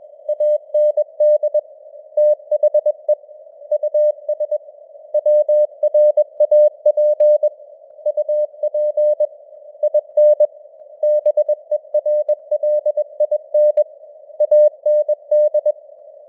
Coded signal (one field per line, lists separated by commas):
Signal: Morse code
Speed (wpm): 21 wpm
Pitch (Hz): 600 Hz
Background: none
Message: AND THE US WRAP UP IN BERLIN AND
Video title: Morse Code News | 2025-12-15 | 21wpm